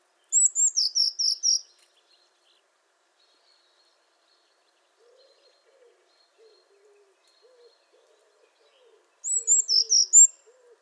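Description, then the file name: Eurasian blue tit calling twice with high, thin notes running into a fast series of lower notes; faint low scratchy sounds in the background. "Cyanistes caeruleus"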